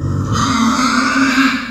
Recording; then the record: squeal of a Yucatan mini pig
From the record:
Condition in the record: after surgery on the right vocal fold (resection and tissue-engineered implant); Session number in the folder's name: 11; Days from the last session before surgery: 98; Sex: female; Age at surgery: 19 weeks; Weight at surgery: 25 kg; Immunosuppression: prednisolone